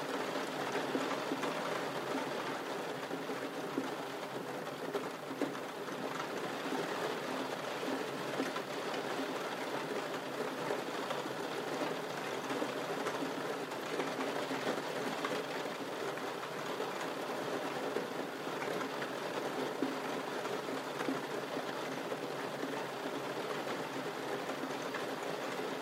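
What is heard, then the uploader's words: Soft rain patters against a window in a steady, dense wash of tiny taps, unchanging in loudness for the whole stretch. A low, even rumble runs underneath, and no single drop or event stands out from the constant texture. Soft rain against a window. The relaxing patter of rain hitting the window.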